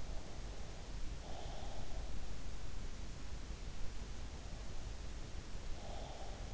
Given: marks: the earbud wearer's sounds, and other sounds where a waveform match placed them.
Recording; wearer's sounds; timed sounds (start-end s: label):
sounds in sleep by an in-ear microphone; breath
0.25-2.05 s: breath
5.74-6.36 s: breath